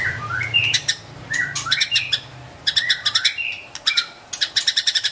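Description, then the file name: White-rumped shama: song of short slurred whistles alternating with fast dry rattling trills of clicks, repeated in quick bursts. Wild bird from forest in Medan, singing actively (gacor). "suara burung murai batu hutan medan gacor"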